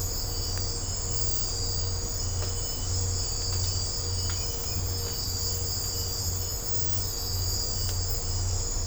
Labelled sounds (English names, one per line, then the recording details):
none
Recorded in secondary vegetation near Puerto Asís, Putumayo, Colombia, on 20 December 2024 at 03:00
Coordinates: 0.502, -76.326
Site G028